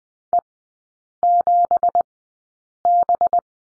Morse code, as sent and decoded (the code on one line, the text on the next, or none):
. --... -...
E7B